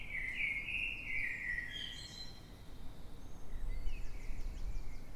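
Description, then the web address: Eurasian blackbird gives a fluting, warbling phrase at the start, followed only by faint notes, while a constant low hum continues underneath. Singing in the dead of night at 3:50 am, London, UK, 9 March 2026. "Blackbird Dead Of Night. london uk. by eleanor mcdowall"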